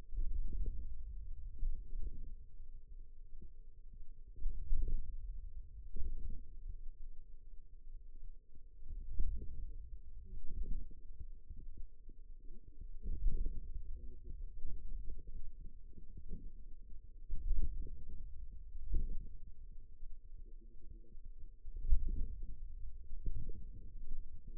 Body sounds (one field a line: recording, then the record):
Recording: forearm muscle sounds (acoustic myography)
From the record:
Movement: radial deviation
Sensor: system 2, bracelet of six BSWA MPA416 microphones around the upper forearm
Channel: 3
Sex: female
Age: 21 years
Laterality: right